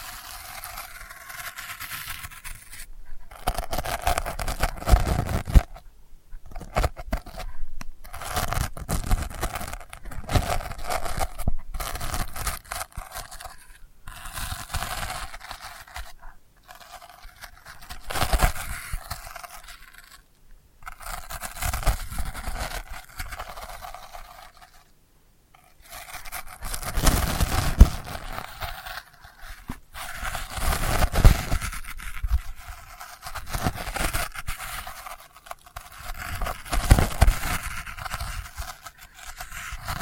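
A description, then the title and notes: Delicate scratching comes in irregular bursts of dry, papery scraping strokes, some quick and some drawn out. Short silent gaps break it up, notably near 3, 6, 20 and 25 seconds. The sound stays light and bright, with little low end. ASMR Delicate Scratching for Sleep (No Talking).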